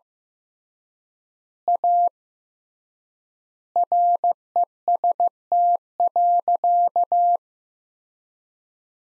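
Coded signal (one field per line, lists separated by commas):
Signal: Morse code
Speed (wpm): 15 wpm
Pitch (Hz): 700 Hz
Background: none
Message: A REST.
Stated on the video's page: Practice sentences from the top 500 words at 15 WPM with 3x word spacing, a Farnsworth-like method applied to words.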